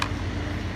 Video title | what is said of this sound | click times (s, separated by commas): Replacing The Fuel Pump Corolla | we'll latch this see I've got my wiring sitting through and then I just push this down until it all locks into place next | 0.0 s